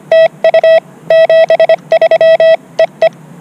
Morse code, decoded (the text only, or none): TU 73 E E